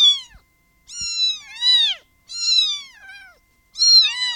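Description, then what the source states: Cat: kitten mews, wavering high-pitched calls with downward bends, several drawn-out cries separated by short silences. Kittens, more than one young cat.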